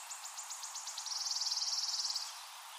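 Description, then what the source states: Wood warbler song: about eight spaced, sharp high notes quickening into a dense, metallic trill held for over a second before stopping abruptly. Recorded 23 April 2013.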